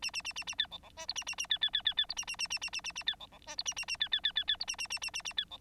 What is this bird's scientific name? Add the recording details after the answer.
Lonchura striata domestica. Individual Bird9